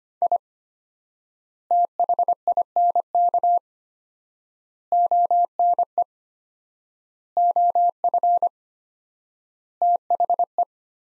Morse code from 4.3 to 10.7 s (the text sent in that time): ONE OF THE